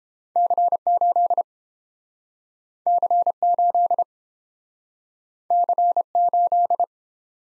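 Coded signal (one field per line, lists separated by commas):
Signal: Morse code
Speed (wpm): 30 wpm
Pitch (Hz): 700 Hz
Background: none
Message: C8 C8 C8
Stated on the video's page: Morse code practice of two letter-number combinations in Speed-Racing format, starting at 1.5 times and slowing to a 22 wpm base; final repeat at maximum speed.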